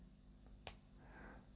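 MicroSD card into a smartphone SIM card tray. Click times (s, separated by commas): 0.7 s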